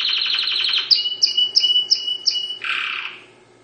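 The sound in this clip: Dutch canary song, a fast rattling trill followed by five evenly spaced clear whistled notes and a final buzzy rolled phrase.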